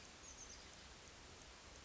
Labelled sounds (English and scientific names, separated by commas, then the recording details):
Oak Titmouse (Baeolophus inornatus)
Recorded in Sonoma County, California